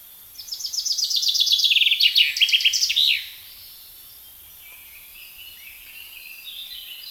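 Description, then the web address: Common chaffinch singing one full phrase: runs of repeated notes dropping in pitch, ending in a sharp flourish around three seconds in, followed by soft bird twittering. "SETE Fringilla coelebs"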